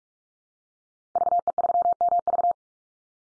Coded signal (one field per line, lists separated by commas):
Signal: Morse code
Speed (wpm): 44 wpm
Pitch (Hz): 700 Hz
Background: none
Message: VE3MV